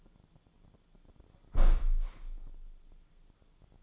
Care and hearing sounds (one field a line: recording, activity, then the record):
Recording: daily activity, microphone in the room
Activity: close window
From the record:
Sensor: 5